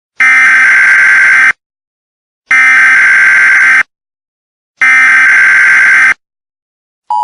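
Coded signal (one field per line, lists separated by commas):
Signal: Emergency Alert System (SAME) tones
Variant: header bursts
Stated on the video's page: Fictional EAS scenario of a terrorist attack on the United States.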